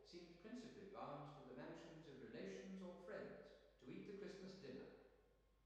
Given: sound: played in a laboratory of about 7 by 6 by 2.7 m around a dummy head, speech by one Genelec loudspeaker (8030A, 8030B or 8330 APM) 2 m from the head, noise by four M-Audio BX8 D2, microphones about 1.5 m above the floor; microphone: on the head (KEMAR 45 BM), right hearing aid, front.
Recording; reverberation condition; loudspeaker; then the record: male speech in English; high; 90 degrees to the left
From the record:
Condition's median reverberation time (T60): about 1300 ms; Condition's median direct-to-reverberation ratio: about -4.0 dB